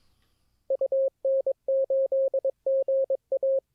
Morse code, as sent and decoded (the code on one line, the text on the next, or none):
..- -. ---.. --. .-
UN8GA